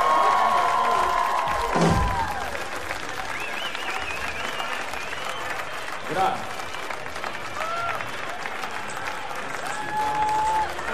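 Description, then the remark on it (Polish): A crowd applauds a band after its members (keyboards, saxophone and flute, voice and drum, samples) are introduced, clapping steadily for the whole stretch, a dense wash of clapping with scattered cheers and whistles rising above it, and a brief louder burst near the start. “Sample głos, wielkie brawo.”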